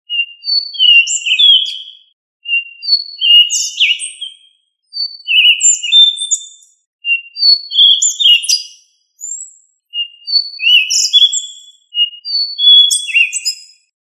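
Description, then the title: Thrush pouring out about seven short whistled phrases almost back to back, each mixing pure notes with quick slurred notes. "Familia Turdidae - Sabia"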